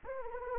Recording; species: mosquito wingbeat signal from an infrared sensor; Anopheles arabiensis